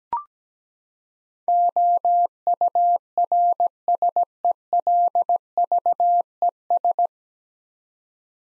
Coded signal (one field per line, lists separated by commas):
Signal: Morse code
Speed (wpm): 17 wpm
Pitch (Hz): 700 Hz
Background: none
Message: OURSELVES